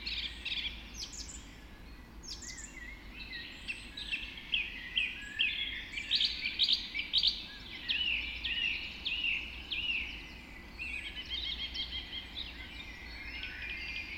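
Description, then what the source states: Dawn chorus with many overlapping high chirps and trills, building to a dense burst of song in the middle before settling into steady twittering. Dawn chorus recorded just after dawn in the Forest of Dean.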